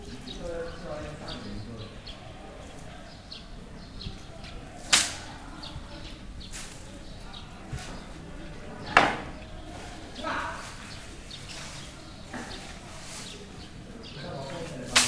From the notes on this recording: Banging dried beans. Voice echo on a narrow street.